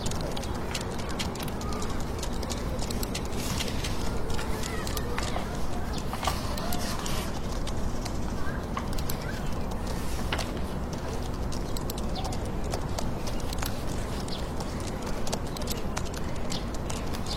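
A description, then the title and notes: Fingertip typing clicks away almost without pause, a quick, uneven patter of light, sharp taps spread across all seventeen seconds. Beneath it sits a steady, low, even wash of city noise and a faint room hum that never changes in level. Atmospheric scene of staying up late working and studying in computer room, fingertip typing and urban white noise.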